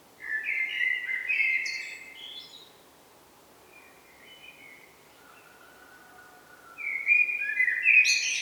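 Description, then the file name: Common blackbird song: a low fluty warble ending in squeaky high twitters, then a quiet gap with faint notes, and a second phrase near the end. "Turdus merula"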